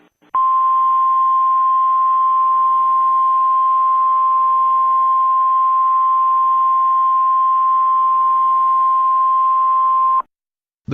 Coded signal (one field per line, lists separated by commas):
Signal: Emergency Alert System (SAME) tones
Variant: 1050 Hz attention tone